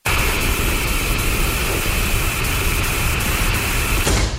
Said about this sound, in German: Rauschen klingt so wunderbar. Im Sommer am Meer. Aber nicht im Radio.